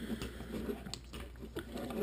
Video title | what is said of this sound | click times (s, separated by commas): (FR)Transformers Generations: Springer&Sandstorm | se clipse pas totalement | 0.9 s